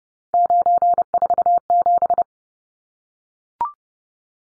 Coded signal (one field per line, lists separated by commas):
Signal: Morse code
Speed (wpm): 30 wpm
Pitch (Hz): 700 Hz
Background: none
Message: 947